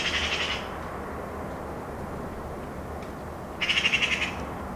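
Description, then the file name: Eurasian magpie with a clipped rattling chatter at the start, then a fuller harsh staccato burst about three seconds later, over faint low rumble. "Pica pica"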